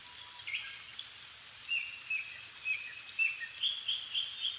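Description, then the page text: Japanese thrush: a series of faint, short high notes that grow louder toward the end, over a steady background noise. Recorded 7 May 2011 at 17:59, altitude 270 m, with a Sony PCM-D50 recorder and Panasonic WM-61A microphones. "kurotugumi 20110507-1759. Turdus cardis [Sounds -Nikko Today-]"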